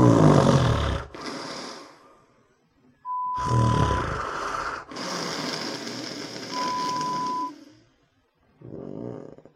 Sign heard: Snoring sound.